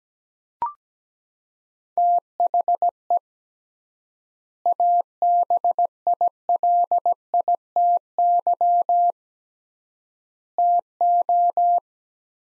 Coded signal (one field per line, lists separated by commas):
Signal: Morse code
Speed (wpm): 17 wpm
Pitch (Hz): 700 Hz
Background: none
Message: THE ABILITY TO